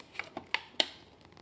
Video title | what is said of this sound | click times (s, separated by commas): CYCROWN Dremax Torque Sensor Step-Thru Ebike - Test Ride & Assembly | just slide it in there. It snaps into place. | 0.5 s, 0.8 s